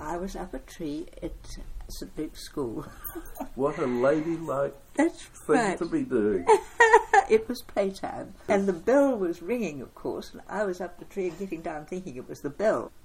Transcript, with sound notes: I was up a tree at St Luke’s school. [Chuckle] What a ladylike thing to be doing. [Chuckle] It was play time, and the bell was ringing of course and I was up the tree and getting down thinking it was the bell…